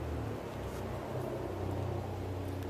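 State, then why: Not seated. A Vantrue N2 Pro dash cam is slid along the groove of its suction-cup windshield mount, with steady low engine-like rumble and broadband noise throughout. It has not clicked into place yet.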